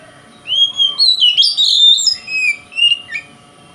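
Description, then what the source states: Oriental magpie-robin song: a rising whistle opens a dense, scratchy medley of high notes, then a few lower whistles fade out. Kacer singing in the konslet style, said to provoke other kacer.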